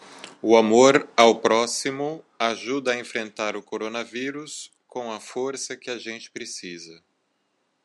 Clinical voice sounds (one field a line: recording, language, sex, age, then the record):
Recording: spoken sentence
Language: Brazilian Portuguese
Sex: male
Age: 40 to 49 years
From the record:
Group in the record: control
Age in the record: 41 years